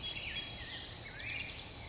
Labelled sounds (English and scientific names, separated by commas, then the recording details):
Black-headed Grosbeak (Pheucticus melanocephalus)
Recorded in Sonoma County, California